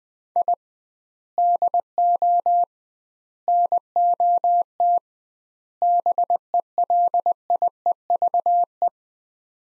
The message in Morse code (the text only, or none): I DO NOT BELIEVE